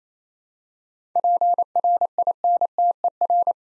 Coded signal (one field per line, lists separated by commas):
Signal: Morse code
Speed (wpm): 28 wpm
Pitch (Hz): 700 Hz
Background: none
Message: PRINTER